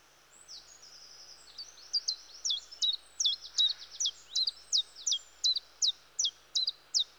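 Common chiffchaff song: high, even chip notes building after a soft start, with faint twittering early on.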